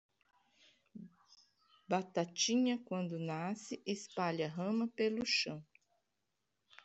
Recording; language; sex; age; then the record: short text; Brazilian Portuguese; female; 50 to 59 years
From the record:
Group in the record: control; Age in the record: 56 years